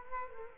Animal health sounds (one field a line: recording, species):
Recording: mosquito wingbeat signal from an infrared sensor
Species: Culex quinquefasciatus